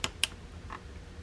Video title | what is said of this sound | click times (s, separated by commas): pt 1 How to Instal the Rlink GPS Tracker Wire Harness on Yamaha R3 | Alright, there's a click, now it's connected. | 0.0 s, 0.2 s